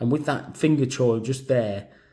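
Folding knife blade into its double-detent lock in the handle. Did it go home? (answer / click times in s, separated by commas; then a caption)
no / none. A man talks while handling a CRKT Pilar Heinnie Haynes Edition, a UK-legal double-detent folding pocket knife with a finger choil, as its blade is moved toward the double-detent lock in the handle. Nothing has clicked or seated yet.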